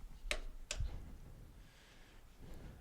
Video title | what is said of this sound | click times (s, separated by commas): Model A Ford - testing engine block threads | so now torque the nut down until you hear the wrench click | 0.3 s